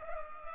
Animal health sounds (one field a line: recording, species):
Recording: mosquito wingbeat signal from an infrared sensor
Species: Culex pipiens